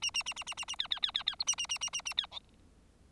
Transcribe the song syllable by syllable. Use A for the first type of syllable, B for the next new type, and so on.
A A A A A A A B B B B B C A A A A A A B D